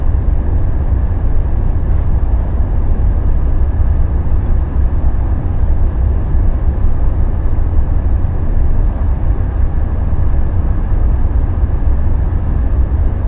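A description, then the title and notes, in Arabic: Train ambience: a steady, dense low rumble runs without a break for the whole stretch, heaviest at the very bottom with a softer hiss above. Faint brief clicks or knocks surface now and then, near two and four and a half seconds. أجواء القطار. عبر ليل أوروبا على متن قطار النوم Thello. يخلق الطنين اللطيف لمحركات القطار الكهربائية السريعة، إلى جانب همس الهواء الخفيف الذي يداعب القطار، خلفية متسقة من الضوضاء البيضاء.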